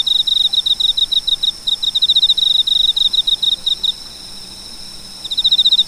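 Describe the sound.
Cricket chirping in fast high pulsed bursts for about four seconds, a pause of over a second, then the pulsing resumes near the end.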